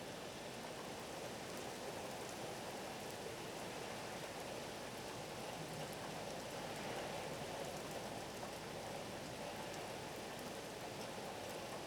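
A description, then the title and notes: Steady, dense rain falls throughout, an even patter of countless drops striking a surface with no pauses or swells. The sound sits mostly in the middle and upper range, with a soft low rumble underneath and faint scattered ticks of individual drops. Martha's Vineyard Thunderstorm and Harbor Waves.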